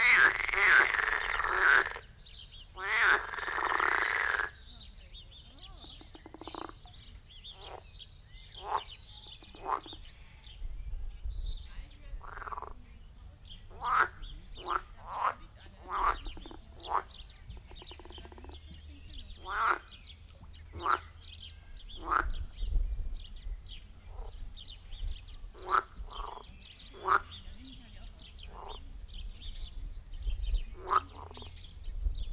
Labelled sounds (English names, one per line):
Edible Frog call